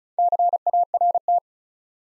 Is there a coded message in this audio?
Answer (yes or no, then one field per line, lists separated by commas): yes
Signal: Morse code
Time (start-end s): 0.2-1.4 s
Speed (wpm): 36 wpm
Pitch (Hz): 700 Hz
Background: none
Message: CART